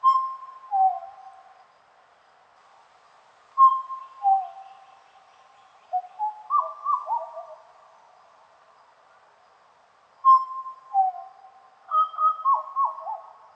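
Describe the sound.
Black butcherbird song of mellow, liquid whistles, a high note followed by a lower one, and rapid gurgling warbles, in phrases repeated every few seconds.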